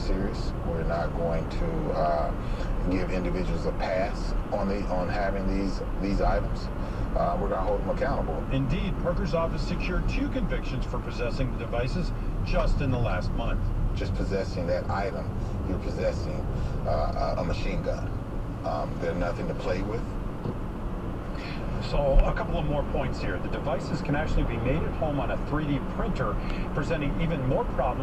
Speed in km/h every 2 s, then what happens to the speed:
55, 58, 53, 52, 47, 39, 31, 32, 29, 35, 45, 53, 60, 63.
3-12 slows to 31. 12-17 steady at about 31. 17-28 speeds up to 63.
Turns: 9-17.